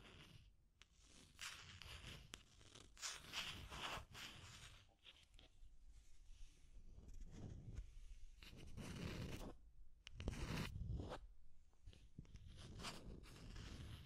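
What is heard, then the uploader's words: Deep scratching comes in rough, dense bursts that rasp from a low rumble up to a bright hiss, with short gaps near 1, 5 and 8 seconds. The strokes are irregular and zipper-like, and the loudest, grittiest stretch falls around 10 to 11 seconds. Deep Scratching. (No Talking).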